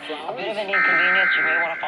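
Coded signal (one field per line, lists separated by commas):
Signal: Emergency Alert System (SAME) tones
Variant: header bursts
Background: speech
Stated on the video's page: Required Monthly Tests relayed by Los Angeles stations at 4am, including an AM radio station.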